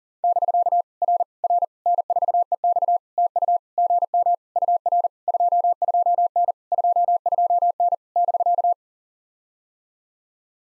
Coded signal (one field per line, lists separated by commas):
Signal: Morse code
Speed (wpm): 44 wpm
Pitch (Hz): 700 Hz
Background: none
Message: <BK> R R N4EX TU GM UR 22N 22N <BK>